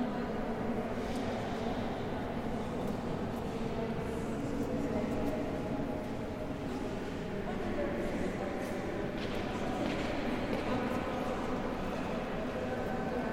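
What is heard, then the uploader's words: Inside a large church, a dense, steady murmur of many voices fills the space, blurred into a continuous crowd hum. A low rumble sits underneath throughout, and a few brief clicks and footfall-like taps surface around the first second and again near nine to ten seconds. The Church of the Jacobins, Toulouse - "Sound space immerses us into his huge reverb." Recorded by Dan Capture.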